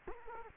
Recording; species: mosquito wingbeat signal from an infrared sensor; Culex quinquefasciatus